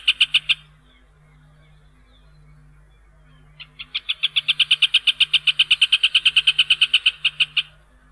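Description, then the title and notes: Rufous hornero with a few loud notes, a pause, then a long fast run of ringing repeated notes lasting about four seconds, over a faint low hum. In Argentina. "Museo de Ciencias de Bahía Blanca. Hornero (Furnarius rufus). ha sido elegido como el ave nacional de la Argentina"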